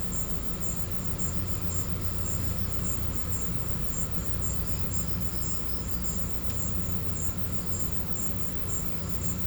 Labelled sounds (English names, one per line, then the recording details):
none
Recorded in pastures near Puerto Asís, Putumayo, Colombia, on 20 December 2024 at 15:30
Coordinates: 0.505, -76.324
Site G063